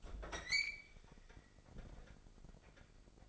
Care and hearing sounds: daily activity, microphone in the room; open fridge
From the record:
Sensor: 5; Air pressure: 995.3 hPa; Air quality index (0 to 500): 96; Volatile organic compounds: 5 ppm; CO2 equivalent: 1834 ppm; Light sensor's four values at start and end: 34/83/33/34 and 37/88/35/36

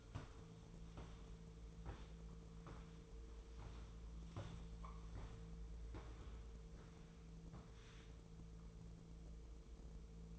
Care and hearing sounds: daily activity, microphone in the room; walk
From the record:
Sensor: 1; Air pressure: 1005.5 hPa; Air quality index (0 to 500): 123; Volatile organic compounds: 5 ppm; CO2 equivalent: 1729 ppm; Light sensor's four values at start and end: 11/26/10/11 and 11/27/11/12

